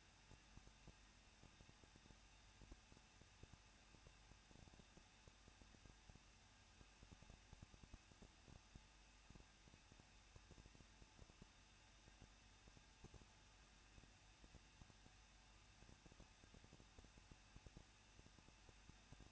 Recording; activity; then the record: daily activity, microphone in the room; no activity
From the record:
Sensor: 2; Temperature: 21.0 degrees Celsius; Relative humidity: 37.3%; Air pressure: 1006.4 hPa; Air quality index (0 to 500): 220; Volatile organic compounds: 23 ppm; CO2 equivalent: 2781 ppm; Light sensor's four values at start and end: 2/3/2/2 and 2/3/2/2